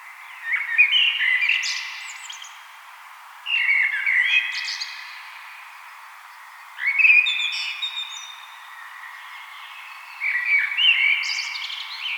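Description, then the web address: Common blackbird song: four fluty warbled phrases at roughly three-second intervals, each a rich low-pitched whistle sequence closing with a scratchy high flourish, with quiet pauses between. "vogelstimmen amsel gesang nabu lars lachmann"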